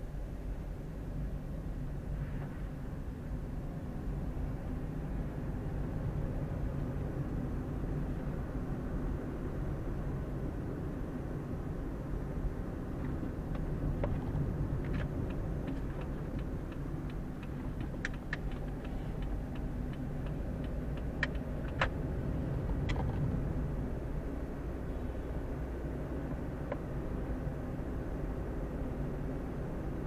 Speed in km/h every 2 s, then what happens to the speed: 17, 20, 24, 31, 33, 33, 31, 31, 27, 24, 26, 27, 30, 32, 32.
0-7 speeds up to 33. 7-14 steady at about 31. 14-17 slows to 24.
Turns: 16-21.